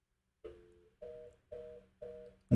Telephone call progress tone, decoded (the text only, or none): reorder tone